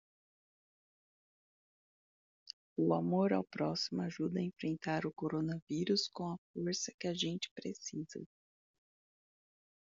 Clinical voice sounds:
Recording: spoken sentence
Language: Brazilian Portuguese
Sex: female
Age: 30 to 39 years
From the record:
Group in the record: control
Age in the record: 35 years

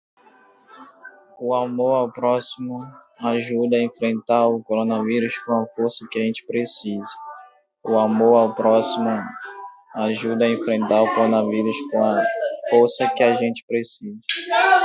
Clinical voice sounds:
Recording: spoken sentence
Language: Brazilian Portuguese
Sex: male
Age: 20 to 29 years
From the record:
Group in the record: control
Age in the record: 22 years

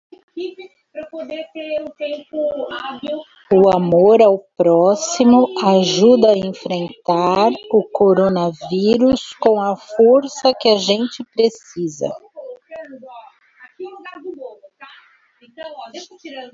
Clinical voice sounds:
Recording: spoken sentence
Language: Brazilian Portuguese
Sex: female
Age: 50 to 59 years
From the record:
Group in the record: control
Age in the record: 59 years

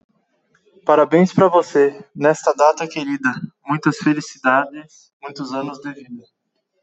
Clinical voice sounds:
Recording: short text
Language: Brazilian Portuguese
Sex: male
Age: 20 to 29 years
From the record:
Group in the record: control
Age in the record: 26 years

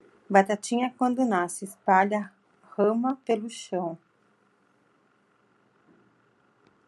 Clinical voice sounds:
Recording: short text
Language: Brazilian Portuguese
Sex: female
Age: 40 to 49 years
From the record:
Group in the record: control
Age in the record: 42 years

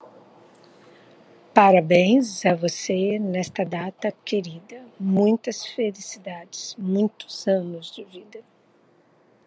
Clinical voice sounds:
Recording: short text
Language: Brazilian Portuguese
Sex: female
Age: 60 to 69 years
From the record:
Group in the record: control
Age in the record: 61 years

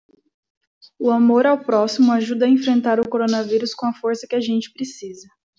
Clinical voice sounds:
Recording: spoken sentence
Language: Brazilian Portuguese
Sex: female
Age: 20 to 29 years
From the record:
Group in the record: control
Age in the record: 26 years

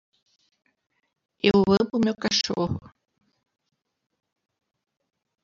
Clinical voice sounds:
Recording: spoken sentence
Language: Brazilian Portuguese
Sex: female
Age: 60 to 69 years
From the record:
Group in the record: control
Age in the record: 65 years

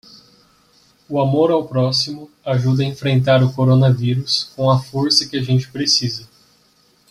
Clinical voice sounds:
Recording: spoken sentence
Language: Brazilian Portuguese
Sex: male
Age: 20 to 29 years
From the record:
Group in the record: control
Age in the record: 24 years

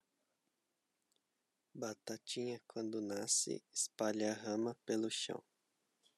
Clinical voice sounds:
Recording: short text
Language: Brazilian Portuguese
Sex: male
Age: 30 to 39 years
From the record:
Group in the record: control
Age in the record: 31 years

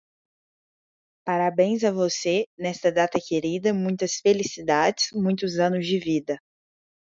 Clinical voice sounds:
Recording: short text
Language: Brazilian Portuguese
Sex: female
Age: 20 to 29 years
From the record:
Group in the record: control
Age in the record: 22 years

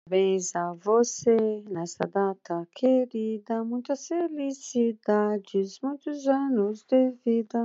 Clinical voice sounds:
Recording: short text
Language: Brazilian Portuguese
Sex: female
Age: 60 to 69 years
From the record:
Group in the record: control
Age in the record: 62 years

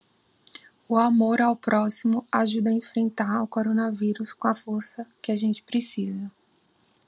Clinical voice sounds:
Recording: spoken sentence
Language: Brazilian Portuguese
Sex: female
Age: 30 to 39 years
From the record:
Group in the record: control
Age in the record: 34 years

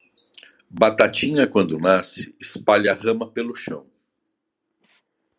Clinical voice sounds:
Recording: short text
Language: Brazilian Portuguese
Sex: male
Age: 50 to 59 years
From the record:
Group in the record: control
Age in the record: 57 years

